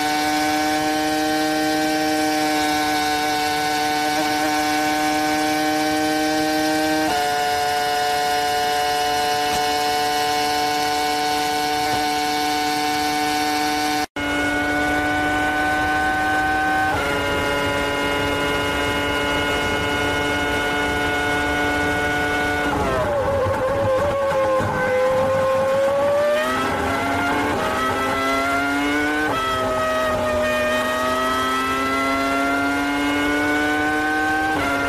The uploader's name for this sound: Formula One Race Car